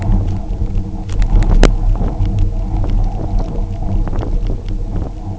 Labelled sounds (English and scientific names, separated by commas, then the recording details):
none
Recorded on Arctic tundra, site UTQI-0, on 27 June 2018
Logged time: 10:00